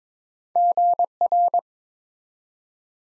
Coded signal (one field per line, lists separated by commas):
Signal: Morse code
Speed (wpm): 22 wpm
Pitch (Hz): 700 Hz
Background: none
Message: GR